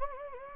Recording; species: mosquito wingbeat signal from an infrared sensor; Anopheles gambiae